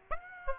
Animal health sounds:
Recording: mosquito wingbeat signal from an infrared sensor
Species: Aedes aegypti

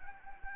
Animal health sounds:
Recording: mosquito wingbeat signal from an infrared sensor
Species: Anopheles gambiae

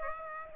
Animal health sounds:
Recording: mosquito wingbeat signal from an infrared sensor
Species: Aedes aegypti

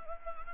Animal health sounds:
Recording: mosquito wingbeat signal from an infrared sensor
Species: Anopheles gambiae

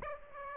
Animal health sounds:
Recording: mosquito wingbeat signal from an infrared sensor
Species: Aedes aegypti

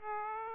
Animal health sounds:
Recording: mosquito wingbeat signal from an infrared sensor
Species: Aedes aegypti

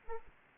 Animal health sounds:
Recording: mosquito wingbeat signal from an infrared sensor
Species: Aedes aegypti

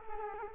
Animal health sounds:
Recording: mosquito wingbeat signal from an infrared sensor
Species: Culex quinquefasciatus

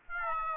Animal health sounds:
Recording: mosquito wingbeat signal from an infrared sensor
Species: Aedes albopictus

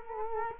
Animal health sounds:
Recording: mosquito wingbeat signal from an infrared sensor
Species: Culex quinquefasciatus

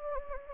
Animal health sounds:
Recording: mosquito wingbeat signal from an infrared sensor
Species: Anopheles gambiae

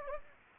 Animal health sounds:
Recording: mosquito wingbeat signal from an infrared sensor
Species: Anopheles gambiae

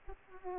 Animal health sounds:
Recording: mosquito wingbeat signal from an infrared sensor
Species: Aedes aegypti

